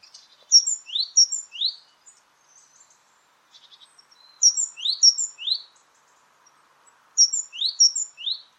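Great tit calling in thin, high paired notes: a sharp high note followed by a rising swept note, repeated in three bursts separated by short pauses.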